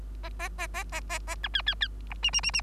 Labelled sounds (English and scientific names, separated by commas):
Bengalese Finch (Lonchura striata domestica) song